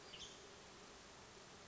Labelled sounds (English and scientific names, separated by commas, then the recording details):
Western Tanager (Piranga ludoviciana)
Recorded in Sonoma County, California